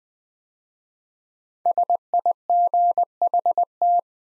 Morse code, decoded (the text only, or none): SIGHT